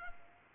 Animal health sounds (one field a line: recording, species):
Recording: mosquito wingbeat signal from an infrared sensor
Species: Culex quinquefasciatus